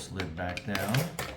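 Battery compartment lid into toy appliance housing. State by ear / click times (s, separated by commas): not seated / none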